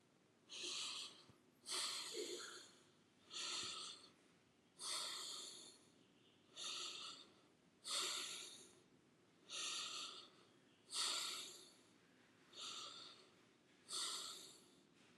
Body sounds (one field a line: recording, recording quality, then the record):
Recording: deep breathing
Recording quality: excellent, no background noise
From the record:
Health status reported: healthy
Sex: male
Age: 20 years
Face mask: not worn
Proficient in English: yes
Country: India